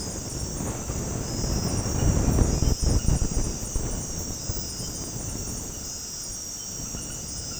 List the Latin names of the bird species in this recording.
none